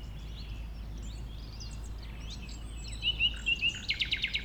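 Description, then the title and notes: Common nightingale song: quiet varied phrases give way to loud repeated whistled notes and a stuttering trill at the close, over a faint low rumble. Nightingale that settled with a few others on the banks of a stream forming a pond, 1500 m from the A20 motorway, around 8 am on Sunday 12 April. "Un Rossignol Envers Et Contre Tout. un rossignol venu avec quelques autres s'installer sur les rives d'un ruisseau formant un étang à 1500 mètres de l'A 20. Ces moments ont été enregistrés vers 8h le dimanche 12 avril"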